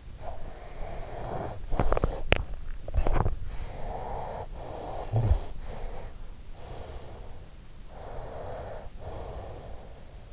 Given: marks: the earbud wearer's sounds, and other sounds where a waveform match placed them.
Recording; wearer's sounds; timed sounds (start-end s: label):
sounds in sleep by an in-ear microphone; breath, swallowing
0.00-2.51 s: breath
2.41-3.71 s: swallowing
3.48-5.94 s: breath
6.22-7.54 s: breath
7.82-10.33 s: breath